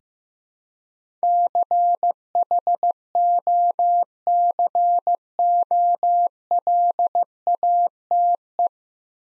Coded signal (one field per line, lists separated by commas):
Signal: Morse code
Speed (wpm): 15 wpm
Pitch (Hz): 700 Hz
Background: none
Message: CHOCOLATE